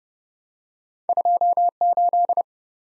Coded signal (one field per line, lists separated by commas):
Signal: Morse code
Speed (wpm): 30 wpm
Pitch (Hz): 700 Hz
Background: none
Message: 28